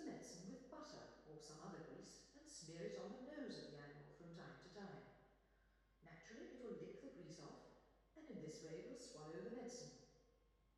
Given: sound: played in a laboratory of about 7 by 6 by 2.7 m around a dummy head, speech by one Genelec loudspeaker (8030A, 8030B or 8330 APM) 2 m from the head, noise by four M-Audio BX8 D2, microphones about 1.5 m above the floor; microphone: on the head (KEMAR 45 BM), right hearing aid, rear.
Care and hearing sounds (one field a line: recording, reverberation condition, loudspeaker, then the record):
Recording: female speech in English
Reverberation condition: high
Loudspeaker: 60 degrees to the left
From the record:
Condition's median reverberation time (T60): about 1300 ms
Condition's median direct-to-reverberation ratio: about -4.0 dB